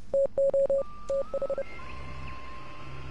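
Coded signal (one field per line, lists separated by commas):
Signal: Morse code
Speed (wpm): 30 wpm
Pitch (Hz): 550 Hz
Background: none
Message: TO TH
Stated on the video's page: Morse code from the game Oxenfree.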